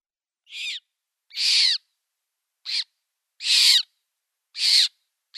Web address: Schulze Peter Eurasian Magpie nestlings